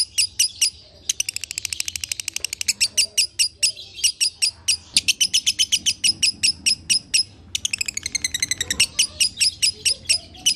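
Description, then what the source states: Lovebird chattering song: fast runs of high shrill chips alternating with quicker trilled passages, with brief pauses. Lovebird masteran (training) track in the konslet singing style.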